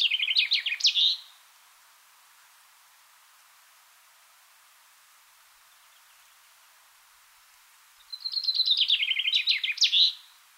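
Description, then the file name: Common chaffinch song: two rattling phrases of rapid notes descending in pitch and ending in a sharp high flourish, separated by about seven seconds of quiet background. "Fringilla coelebs"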